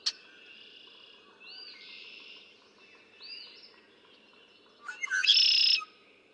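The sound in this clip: Red-winged blackbird song: short introductory notes and then one loud, rasping trill near the end, while other birds whistle and warble quietly throughout.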